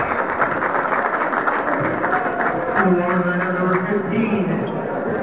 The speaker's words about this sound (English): Well, it's at least great to have some of the crowd noise tonight. Just doesn't feel like you're at a basketball game when you're not hearing the student body over there and fans having fun in the stands.